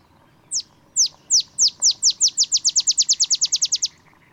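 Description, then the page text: Olive sparrow giving its bouncing-ball song: a lone chip, a pause, then chips coming faster and faster into a tight trill before stopping abruptly. Male olive sparrow singing early morning in Texas, 50 miles north of the Mexican border; simple songs recall a field sparrow's bouncing-ball song, though less mellow and melancholy. "songs Olive Sparrow. Recording early morning just 50 miles north of the Mexican border in Texas. Birdsong for the Curious Naturalist"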